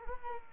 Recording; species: mosquito wingbeat signal from an infrared sensor; Culex quinquefasciatus